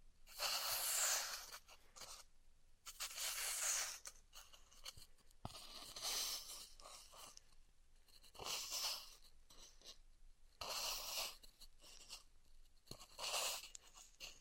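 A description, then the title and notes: Styrofoam being cut with a hot tool, heard as bright, hissing, crackly bursts that swell and fade in uneven waves every two to three seconds. Quieter gaps with faint scratching fall between the strokes, and a few sharp clicks stand out around five and eight seconds. ASMR Styrofoam Heat Cutting (No Talking).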